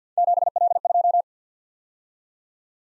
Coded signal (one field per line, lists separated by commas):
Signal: Morse code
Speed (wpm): 52 wpm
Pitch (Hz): 700 Hz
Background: none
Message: 7L2